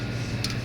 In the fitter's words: You're gonna push it down in there until it snaps in.